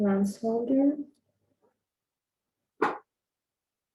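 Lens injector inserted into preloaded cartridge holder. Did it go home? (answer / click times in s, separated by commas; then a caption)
yes / 2.8 s. Someone talks, then a plastic lens injector is pushed into a preloaded lens holder, and a single short click is heard at 2.8 s. The click shows the cartridge has latched inside the injector and is seated.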